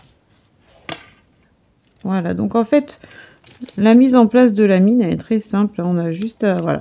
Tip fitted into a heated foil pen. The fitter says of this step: appuyer, ça fait un petit clic, et une fois qu'elle est en place, voilà.